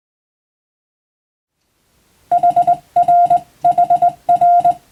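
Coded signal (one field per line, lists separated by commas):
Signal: Morse code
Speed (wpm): 20 wpm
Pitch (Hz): 700 Hz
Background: none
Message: HR HR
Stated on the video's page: Japanese-language (wabun) Morse receiving practice for the national radiotelegraph operator exam, using telegram practice texts.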